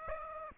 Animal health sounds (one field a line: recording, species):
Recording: mosquito wingbeat signal from an infrared sensor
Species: Aedes aegypti